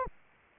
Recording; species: mosquito wingbeat signal from an infrared sensor; Anopheles arabiensis